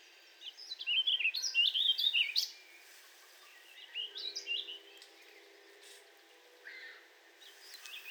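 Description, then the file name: Warbling vireo warbled phrase, one loud run of quick slurred notes, followed by softer fragments amid background noise. "Warbling Vireo 2 minutes of singing"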